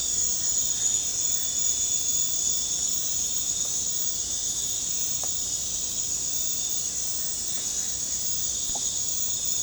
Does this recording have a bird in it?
no